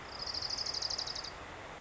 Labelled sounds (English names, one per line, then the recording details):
Orange-crowned Warbler
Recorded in Sonoma County, California